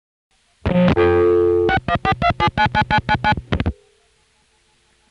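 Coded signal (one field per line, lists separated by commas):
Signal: DTMF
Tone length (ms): 80 ms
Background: music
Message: 6142799999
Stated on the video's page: Long-distance calls to centralized intercept, recorded February 1977 and June 1976.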